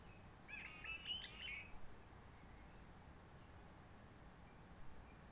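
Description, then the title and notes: Réunion bulbul song: one short warbled phrase lasting about a second, followed by quiet hissing background. Roche Merveilleuse, Réunion; forest quiet since lockdown of 19 March 2020, no visitors, microlights or helicopters; sunny blue sky; birds not very active; song simpler, short phrases adapted to past aircraft noise. "Roche Merveilleuse, Réunion - Merle de lîle de la Réunion. depuis le 19 mars 2020 c'est calme même quand il fait beau"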